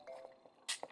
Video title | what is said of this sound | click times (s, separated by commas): Earthrise Leader DOUBLEDEALER: EmGo's Transformers Reviews N' Stuff | there we go that just pops right in like so | 0.8 s